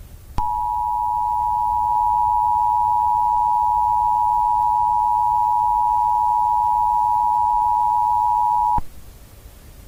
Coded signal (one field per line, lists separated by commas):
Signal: Emergency Alert System (SAME) tones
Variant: 853 and 960 Hz attention tone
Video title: Nuclear Emergency | A EAS Nuclear War Simulation |